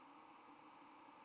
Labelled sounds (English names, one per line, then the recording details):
White-throated Sparrow flight call
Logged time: 06:15 on 10 November 2014